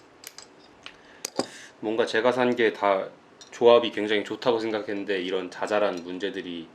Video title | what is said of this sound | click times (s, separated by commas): ak2000 파헤치기(+Test clip)/밸런스,모드,부가기능,총평 | 안 들어갑니다 끝까지 안 들어가서 결합을 할 수도 이렇게도 랄 | 1.2 s